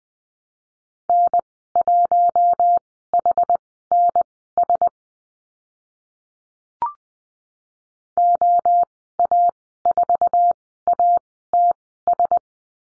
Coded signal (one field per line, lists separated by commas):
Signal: Morse code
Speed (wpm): 20 wpm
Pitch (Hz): 700 Hz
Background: none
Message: N1HNS OA4ATS